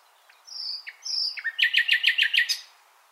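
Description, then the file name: Common nightingale phrase with two drawn-out high whistles followed by a fast series of several loud, repeated chirping notes. "Luscinia megarhynchos"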